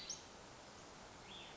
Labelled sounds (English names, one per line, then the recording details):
Cassin's Vireo
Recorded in Sonoma County, California